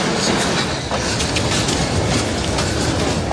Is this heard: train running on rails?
yes